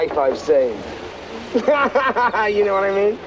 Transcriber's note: laughter